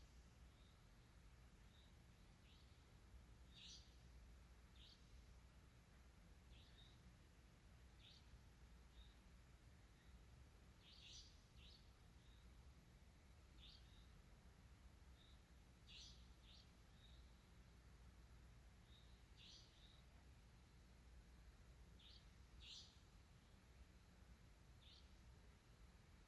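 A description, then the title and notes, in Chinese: Frogs and insects call outside a window on a rainy night. Short bright chirps repeat every second or two over a steady hiss of rain, with a thin, constant high insect whine above and a low rumble underneath throughout. 下雨的夜晚窗外的蛙蟲鳴。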